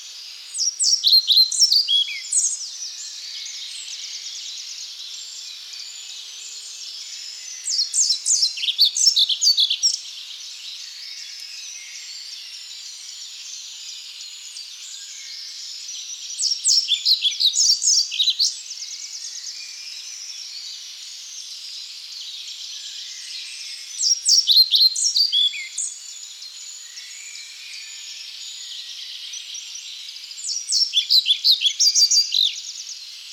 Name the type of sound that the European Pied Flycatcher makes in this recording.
song